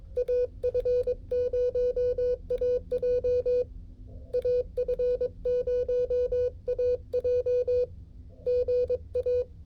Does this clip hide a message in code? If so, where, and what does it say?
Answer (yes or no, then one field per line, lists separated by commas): yes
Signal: Morse code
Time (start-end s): 0.2-9.4 s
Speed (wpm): 22 wpm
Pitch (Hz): 490 Hz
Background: music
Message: AF0AJ AF0AJ GA